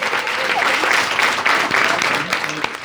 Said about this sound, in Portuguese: Vamos dar uma salva de palmas para os melhores tabuladores do Brasil.